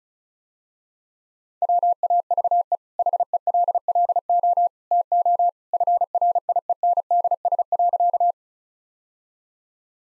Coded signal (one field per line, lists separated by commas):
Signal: Morse code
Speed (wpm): 36 wpm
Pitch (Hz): 700 Hz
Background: none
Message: WAVE HELLO TO FRIENDS.